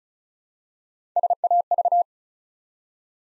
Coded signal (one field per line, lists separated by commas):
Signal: Morse code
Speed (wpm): 36 wpm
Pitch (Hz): 700 Hz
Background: none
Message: SAV